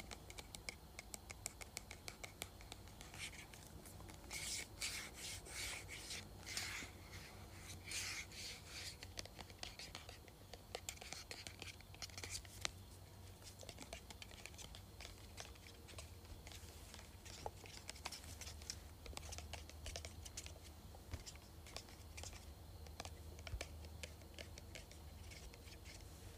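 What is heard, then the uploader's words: Dense scratching and rubbing on a perfume bottle, with sharp clicks and taps scattered throughout, busiest around five to eight seconds and again near the end. A steady low hum sits underneath. ASMR Tapping, Scratching, and Shaking Perfume Bottle.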